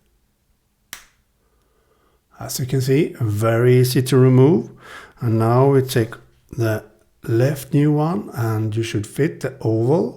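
An old silicone ear tip is held and pulled off the left nozzle of an Apple AirPods Pro wireless earbud, giving a single sharp snap at 0.9 s. It comes off easily, releasing the tip. Then someone talks.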